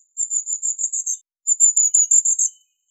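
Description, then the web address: Long-tailed tit calls: two bursts of very high, thin, rapidly repeated notes, each run lasting about a second, with a short silence between. "Aegithalos caudatus"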